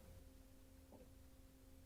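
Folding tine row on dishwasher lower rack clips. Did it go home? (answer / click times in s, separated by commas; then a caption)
no / none. A new plastic-coated folding tine row for a GE dishwasher (part WD28X20165) is set down on the wire lower dish rack and lined up with its clips before being pushed in. Only a steady low hum with faint handling is heard, and a brief soft touch near 0.9 s. Nothing has seated or clicked yet.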